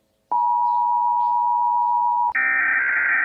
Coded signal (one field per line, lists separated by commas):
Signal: Emergency Alert System (SAME) tones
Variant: 853 and 960 Hz attention tone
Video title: THE ACTUAL EAS ALARM FOR ALL U.S STATES